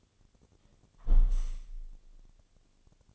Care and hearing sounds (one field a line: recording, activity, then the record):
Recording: daily activity, microphone in the room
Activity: close window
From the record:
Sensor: 4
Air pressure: 1001.2 hPa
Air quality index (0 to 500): 174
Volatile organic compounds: 2 ppm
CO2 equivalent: 1247 ppm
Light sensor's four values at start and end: 12/27/11/12 and 12/27/11/11